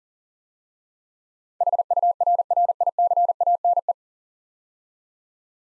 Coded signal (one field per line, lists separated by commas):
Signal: Morse code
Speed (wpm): 40 wpm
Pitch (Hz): 700 Hz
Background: none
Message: HURRICANE